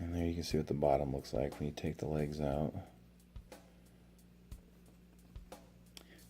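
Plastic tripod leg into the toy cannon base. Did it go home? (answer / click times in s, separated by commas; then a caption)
yes / 6.0 s. Someone talks for the first three seconds, then the removed plastic legs of a toy blaster-cannon tripod are pushed back into its base. Soft knocks and taps follow, at about 3.4, 3.5, 4.5, 5.4 and 5.5 seconds. A sharp snap at 6.0 seconds marks a leg seating back in place.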